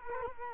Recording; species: mosquito wingbeat signal from an infrared sensor; Culex quinquefasciatus